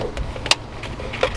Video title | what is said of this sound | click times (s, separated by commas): How to Install a Boat Bilge Pump - Bass Boat Bilge Pump Install Attwood Tsunami T500 | I heard it click yep | 0.5 s